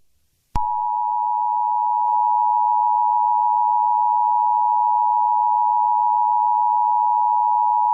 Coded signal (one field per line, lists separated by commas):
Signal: Emergency Alert System (SAME) tones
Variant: 853 and 960 Hz attention tone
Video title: EAS Scenario #13: Piggy